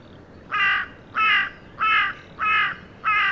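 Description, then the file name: Carrion crow cawing five times in a steady series, roughly one and a half harsh, slightly hoarse caws per second, with a quiet background. "Corvus corone"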